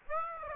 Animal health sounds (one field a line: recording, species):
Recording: mosquito wingbeat signal from an infrared sensor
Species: Aedes aegypti